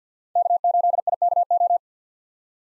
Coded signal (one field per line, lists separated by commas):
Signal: Morse code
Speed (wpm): 50 wpm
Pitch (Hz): 700 Hz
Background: none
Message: K8IKO